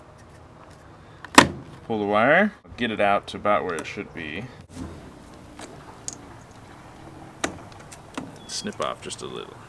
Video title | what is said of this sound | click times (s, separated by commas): Weed Eater String Replacement - Stihl | in there should hear some clicks | 1.2 s, 1.4 s